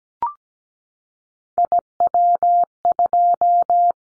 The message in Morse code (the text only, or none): IW2